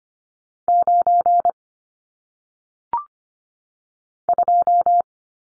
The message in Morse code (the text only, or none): 9 2